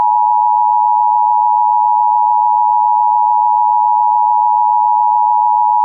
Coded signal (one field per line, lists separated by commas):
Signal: Emergency Alert System (SAME) tones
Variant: 853 and 960 Hz attention tone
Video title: EAS Scenario #2 The Great Las Vegas Fire